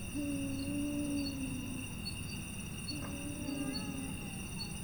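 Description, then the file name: Arabian eagle-owl, deep hollow hoots: a long steady note, then another after a pause, set against persistent high-pitched cricket trilling. Five individuals hooting at dusk. "Arabian Eagle Owl Hooting Of Five Individuals At Dusk"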